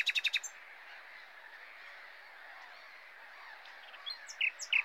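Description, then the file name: Common nightingale giving a quick rattle of repeated notes, then a long pause and a few high whistled notes, with constant hiss behind. "Luscinia megarhynchos"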